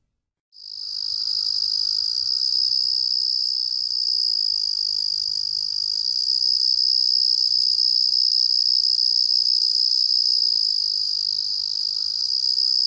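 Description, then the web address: Carolina ground cricket starting after a brief silence, then a sustained high, even, buzzy trill continuing without pause to the end. "The Songs of Insects. Carolina Ground Cricket"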